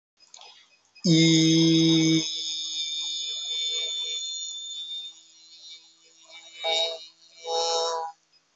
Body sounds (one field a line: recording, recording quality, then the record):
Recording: sustained vowel as in beet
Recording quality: excellent, no background noise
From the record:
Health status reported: healthy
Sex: male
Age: 27 years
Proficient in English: yes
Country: India